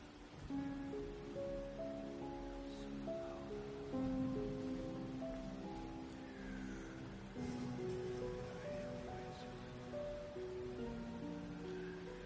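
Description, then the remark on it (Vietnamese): Steady rushing wind and rain hiss of a storm rising under dark clouds fill the background while a soft melodic instrumental line plays over it, notes stepping up and down at a moderate pace. “Trời bắt đầu nổi gió, mây đen từ đâu kéo về đen kịt một góc trời.”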